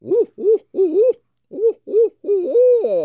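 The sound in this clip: Barred owl hooting, a series of low rounded hoots in quick succession, ending in a longer drawn-out wavering hoot.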